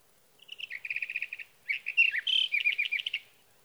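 Sage thrasher song opening with a rapid buzzy series, then, after a brief pause, a rich run of mixed warbled and slurred notes.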